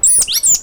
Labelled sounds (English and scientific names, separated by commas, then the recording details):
Stitchbird (Notiomystis cincta) song
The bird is a male
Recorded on Tiritiri Matangi Island, New Zealand, in 2005
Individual 9, of nest box 11